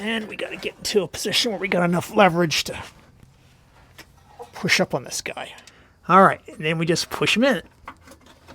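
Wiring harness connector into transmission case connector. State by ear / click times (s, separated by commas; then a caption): not seated / none. A wiring harness connector is pushed up into the transmission case connector on a rebuilt 1995–2000 GM 4L80E automatic transmission for Chevy and GMC, while someone talks. Faint handling sounds and a few short knocks fall between the stretches of speech. The clip ends before the connector goes home, and nothing has seated or clicked yet.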